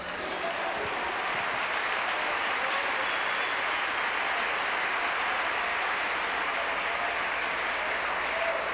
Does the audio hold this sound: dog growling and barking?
no